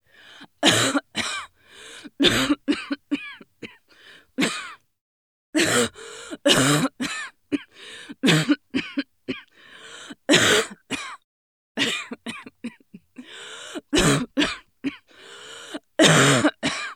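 Repeated short, harsh cough bursts from an adult woman come in several bouts of two to four, with brief pauses and audible breaths between them and some throat-clearing quality.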